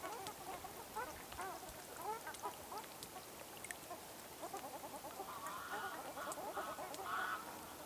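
Ruddy shelduck chorus of nasal honks, with quicker chattering notes and a longer, higher call later on.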